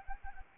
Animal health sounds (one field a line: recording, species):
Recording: mosquito wingbeat signal from an infrared sensor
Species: Anopheles arabiensis